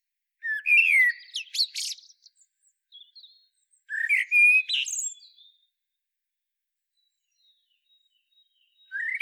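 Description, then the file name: Common blackbird delivering melodious warbled phrases with squeaky high endings: two phrases a few seconds apart, then the start of a third. "Turdus merula"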